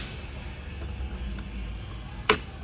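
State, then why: Released. The shift lever on the Paragon manual transmission of a Chris Craft 185HP 283 marine engine is brought back out of engagement over a low, steady rumble. At 2.3 s the over-center shift linkage snaps out to neutral with a single sharp, bright snap, and the linkage is released.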